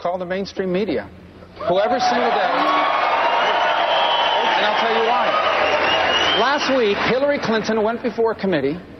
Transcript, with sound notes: It’s called the mainstream media, who every single day (applause) …and I’ll tell you why. Last week, Hillary Clinton went before a committee.